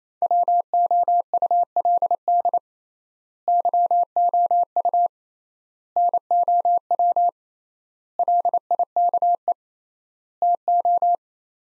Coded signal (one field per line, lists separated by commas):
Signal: Morse code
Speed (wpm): 28 wpm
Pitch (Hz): 700 Hz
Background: none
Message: WOULD YOU NOW LIKE TO